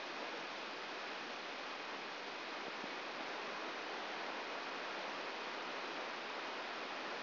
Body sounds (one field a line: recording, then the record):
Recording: brain microelectrode recording played as sound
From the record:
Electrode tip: inside the subthalamic nucleus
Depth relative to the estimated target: 3 mm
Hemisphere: right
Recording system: AlphaMap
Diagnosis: Parkinson's disease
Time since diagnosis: 10 years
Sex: female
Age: 63 years